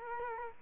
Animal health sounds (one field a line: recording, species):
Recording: mosquito wingbeat signal from an infrared sensor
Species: Culex quinquefasciatus